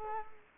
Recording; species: mosquito wingbeat signal from an infrared sensor; Culex quinquefasciatus